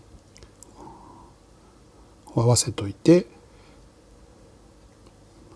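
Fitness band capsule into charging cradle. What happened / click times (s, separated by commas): The small plastic part snapped into its cradle / 0.6 s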